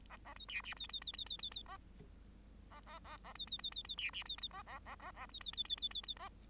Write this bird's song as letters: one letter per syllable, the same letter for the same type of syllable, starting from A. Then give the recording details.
A A B C D B B B B B B B A A A A A B B B B B C D B B A A A A A B B B B B B B A. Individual Bird8